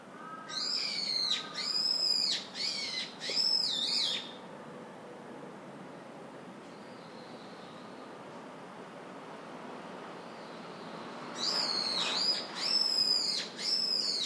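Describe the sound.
Brown-eared bulbul calls: loud, shrill, downslurred notes in a rapid burst of several, a quiet pause, then another similar burst near the end.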